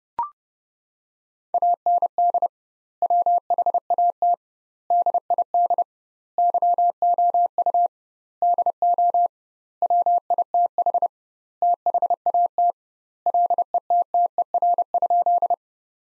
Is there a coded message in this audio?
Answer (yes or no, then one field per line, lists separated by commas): yes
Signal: Morse code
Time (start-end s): 1.5-15.5 s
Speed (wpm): 30 wpm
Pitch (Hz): 700 Hz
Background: none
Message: AND WHAT DID YOU DO WITH THAT LETTER?